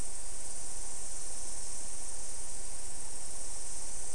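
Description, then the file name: Insects in a steady, continuous high-pitched chorus that drones without a break, over a broad background hiss. "mainly insect"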